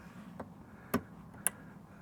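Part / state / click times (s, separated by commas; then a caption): wiring harness connector onto mass air flow sensor / seated / 1.5 s. A wiring harness connector is slid back onto a Jet Performance mass air flow sensor on a Silverado or Sierra, with soft plastic ticks at about 0.4 s and 0.9 s. It clicks into place with a sharp, bright snap at 1.5 s. The lock tab is then pushed in, and the connection is confirmed seated and solid.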